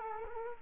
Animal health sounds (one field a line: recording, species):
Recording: mosquito wingbeat signal from an infrared sensor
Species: Culex quinquefasciatus